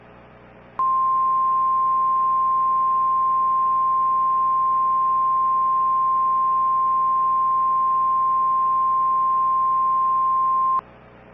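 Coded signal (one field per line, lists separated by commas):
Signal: Emergency Alert System (SAME) tones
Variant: 1050 Hz attention tone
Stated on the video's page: Fictional scenario alerts about nuclear power plant explosions near Valdez and Cordova, Alaska.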